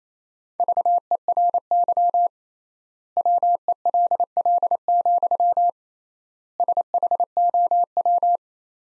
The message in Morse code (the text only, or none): VERY WELL, SHOW